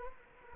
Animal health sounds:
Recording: mosquito wingbeat signal from an infrared sensor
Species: Culex quinquefasciatus

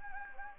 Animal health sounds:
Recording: mosquito wingbeat signal from an infrared sensor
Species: Anopheles gambiae

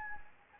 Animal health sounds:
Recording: mosquito wingbeat signal from an infrared sensor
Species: Anopheles gambiae

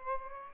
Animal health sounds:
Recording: mosquito wingbeat signal from an infrared sensor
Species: Aedes albopictus

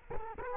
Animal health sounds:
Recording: mosquito wingbeat signal from an infrared sensor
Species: Culex quinquefasciatus

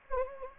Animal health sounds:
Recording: mosquito wingbeat signal from an infrared sensor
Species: Anopheles gambiae

